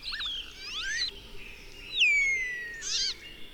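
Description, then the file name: Common starling song with slurred whistles, a clear descending whistle and a rough buzzy burst. "Szpak"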